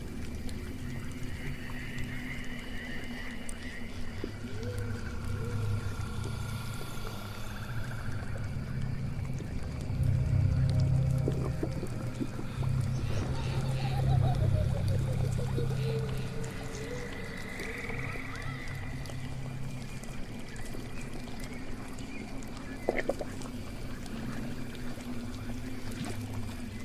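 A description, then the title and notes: Swamp ambience: a steady low throbbing hum runs throughout, swelling around 10 and 15 seconds. Drawn-out animal calls and moaning tones drift over it, including a slow falling call near 14 seconds and a higher call near 18 seconds. A sharp knock lands near 23 seconds. Witch's swamp house asmr Ambience. Swamp ambience.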